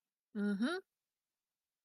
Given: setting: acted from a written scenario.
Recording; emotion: vocal sound without words; interest